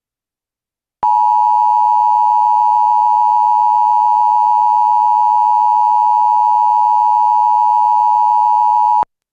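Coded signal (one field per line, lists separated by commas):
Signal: Emergency Alert System (SAME) tones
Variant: 853 and 960 Hz attention tone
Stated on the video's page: Severe weather alert audio relayed from a monitored EAS relay network during a live stream.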